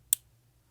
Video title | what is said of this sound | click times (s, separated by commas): Sig P365 Titanium Striker Assembly & Housing – Design Overview & Drop-In Install Guide | now I know my assembly is locked and double secured as you can see in the slide cap pin | 0.1 s